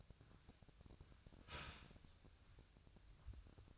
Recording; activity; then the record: daily activity, microphone in the room; start toaster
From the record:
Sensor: 2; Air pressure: 1001.8 hPa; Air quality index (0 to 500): 244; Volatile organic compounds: 36 ppm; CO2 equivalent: 3080 ppm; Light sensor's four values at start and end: 10/31/12/12 and 10/31/12/12